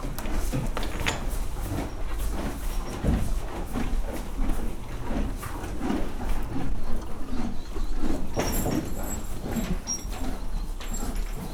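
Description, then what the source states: Horse in a stable: continuous rustling and crunching of hay with scattered clicks over a steady low rumble. Horse in a stable on a farmyard while hay is put out.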